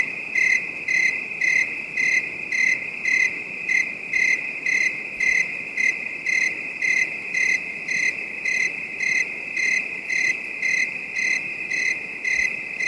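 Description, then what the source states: Cricket chorus with a steady high drone and rhythmic chirps almost two per second, continuing without pause. Calm, distant night bed of high-pitched crickets.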